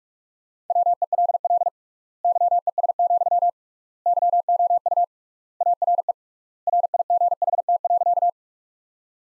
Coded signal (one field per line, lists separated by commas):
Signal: Morse code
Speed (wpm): 41 wpm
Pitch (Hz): 700 Hz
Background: none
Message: WELL YES, YOU ARE RIGHT.